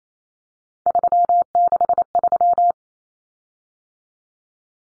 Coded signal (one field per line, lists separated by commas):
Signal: Morse code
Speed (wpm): 28 wpm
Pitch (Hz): 700 Hz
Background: none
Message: 363